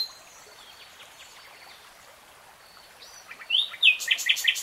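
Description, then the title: Nightingale song beginning after a long quiet stretch, with a burst of sharp, loud, varied notes near the end. Nightingale singing in real time. "[Tiếng chim hót] 3 Hours REALTIME Nightingale Singing"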